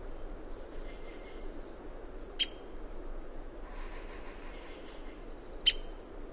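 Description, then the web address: Downy woodpecker giving two isolated, abrupt high pik notes a few seconds apart, with faint thin calls of other birds behind. North America, western region. "Songs of Birds of North America Know Your Bird Sounds Common Western Species. Downy Woodpecker"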